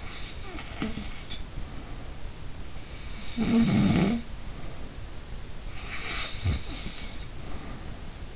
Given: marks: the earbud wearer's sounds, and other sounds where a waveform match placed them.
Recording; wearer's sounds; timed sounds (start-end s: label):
sounds in sleep by an in-ear microphone; snoring breath
0.00-2.44 s: snoring breath
2.85-5.06 s: snoring breath
5.69-8.36 s: snoring breath